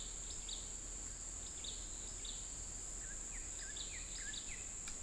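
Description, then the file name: Bird giving a faint series of short, quick down-slurred chirps, several in a row, over steady background hiss. Recorded in the US on 11 September 2021, around 11:04. "20210911 110421 birds"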